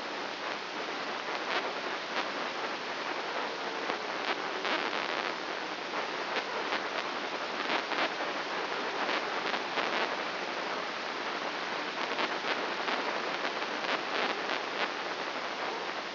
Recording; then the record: brain microelectrode recording played as sound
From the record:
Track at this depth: outside the subthalamic nucleus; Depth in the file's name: 1.206 mm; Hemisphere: right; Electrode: 2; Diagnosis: Parkinson's disease